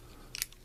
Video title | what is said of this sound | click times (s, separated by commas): Transformers Masterpiece KO review of Buzzsaw and Frenzy | I see the problem was my hand wasn't all the way. There you go. Do you hear the snap there? | 0.4 s